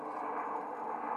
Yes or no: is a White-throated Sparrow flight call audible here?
no